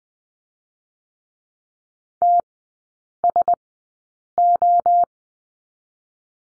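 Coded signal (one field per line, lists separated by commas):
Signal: Morse code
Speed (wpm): 19 wpm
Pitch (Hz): 700 Hz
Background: none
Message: T S O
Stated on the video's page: Morse code course lesson on the letter S, sent at a Farnsworth speed of 20/10 wpm.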